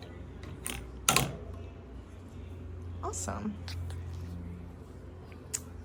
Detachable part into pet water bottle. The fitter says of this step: yeah, and then this thing clicks back in.